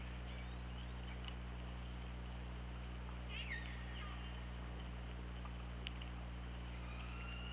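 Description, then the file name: Orca calls: brief upswept and wavering tones in a short cluster, with a faint later whistle, over steady deep droning noise. Underwater hydrophone at OrcaLab, 24 August 2017, around 21:16. "Orca Lab UTLN 20170824 211625"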